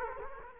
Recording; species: mosquito wingbeat signal from an infrared sensor; Culex quinquefasciatus